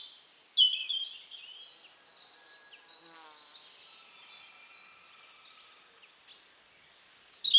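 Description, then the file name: European robin song, thin high twittering phrases at the start and again near the end, with a quieter stretch of soft warbling between. "Erithacus rubecula"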